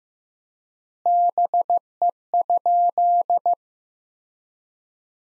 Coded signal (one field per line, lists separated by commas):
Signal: Morse code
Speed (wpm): 15 wpm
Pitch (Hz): 700 Hz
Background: none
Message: BE?